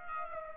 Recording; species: mosquito wingbeat signal from an infrared sensor; Aedes aegypti